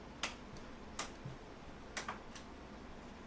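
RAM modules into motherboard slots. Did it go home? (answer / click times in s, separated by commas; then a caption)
yes / 0.2 s, 1.0 s, 2.0 s. Two RAM memory sticks are pressed down from the middle into their motherboard slots, and the retaining latches snap sharply at 0.2, 1.0 and 2.0 seconds, followed by two fainter ticks at about 2.1 and 2.4 seconds. The modules click into place and are seated.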